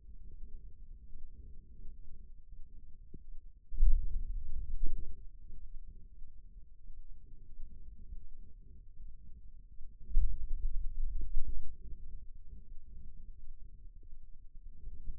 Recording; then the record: forearm muscle sounds (acoustic myography)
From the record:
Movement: pen grasping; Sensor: system 2, bracelet of six BSWA MPA416 microphones around the upper forearm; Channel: 1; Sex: male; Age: 22 years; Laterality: right